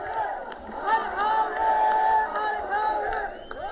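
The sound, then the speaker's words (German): A large crowd of demonstrators in Hama, Syria cheers and shouts in a sustained roar as masked protesters tear down a huge portrait of the Syrian president from a rooftop, with rising, wavering voices and whoops layered together over about four seconds, loud and continuous. “Die Menge jubelt.”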